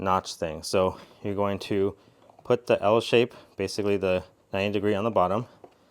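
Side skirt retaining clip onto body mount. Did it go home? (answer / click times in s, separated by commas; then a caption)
no / none. Someone talks while handling an L-shaped plastic side skirt retaining clip at a body mount on a 1991–2005 OEM NSX, lining up its 90-degree bottom with the divot that centers it. Nothing has seated or clicked yet. Only a faint short tick is heard near 5.6 s.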